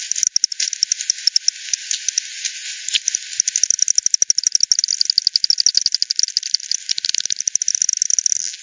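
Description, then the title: Bat echolocation calls, rapid dry ticks repeated many times a second throughout. Multiple bats at Hogsmill River, Hogsmill Lane, 7 October 2020, 18:10 UTC; recorded via frequency division by ten, band-pass filtered, resampled. "bat 20201007 T 18 : 10 Z-Hogsmill-Lane-Hogsmill-River-multiple-bats"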